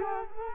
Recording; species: mosquito wingbeat signal from an infrared sensor; Culex quinquefasciatus